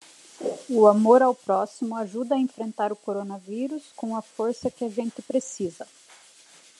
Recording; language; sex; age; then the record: spoken sentence; Brazilian Portuguese; female; 40 to 49 years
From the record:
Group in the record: control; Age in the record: 44 years